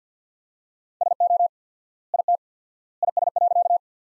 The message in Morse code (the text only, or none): SO IT IS.